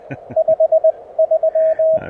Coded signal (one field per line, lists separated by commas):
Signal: Morse code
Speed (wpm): 22 wpm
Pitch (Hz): 590 Hz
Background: radio noise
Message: 53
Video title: First POTA activation with the new Mountain Topper MTR-4B V2!